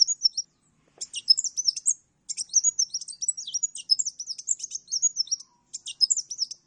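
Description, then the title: Oriental magpie-robin delivering dense, continuous song of mixed whistled slurs and chattering notes, with only short breaks between long runs. Champion magpie-robin singing lively and continuously; used to tutor caged songbirds (masteran). "Kacer Juara Gacor"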